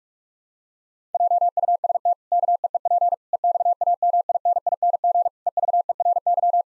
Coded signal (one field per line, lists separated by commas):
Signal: Morse code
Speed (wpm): 46 wpm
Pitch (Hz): 700 Hz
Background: none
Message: JUST KEEP EXAMINING EVERY